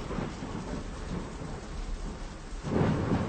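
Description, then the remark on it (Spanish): Steady heavy rain hisses across the whole stretch while low thunder rumbles underneath, swelling into a louder, deeper roll near the end. No voices are heard. “Está lloviendo a cántaros y es hora de regresar a casa.”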